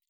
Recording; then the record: hydrophone in a shrimp aquaculture tank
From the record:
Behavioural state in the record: weakened